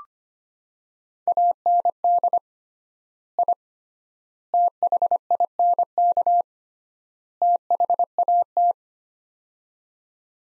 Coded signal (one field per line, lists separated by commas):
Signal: Morse code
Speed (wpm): 25 wpm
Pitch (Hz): 700 Hz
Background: none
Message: AND I THINK THAT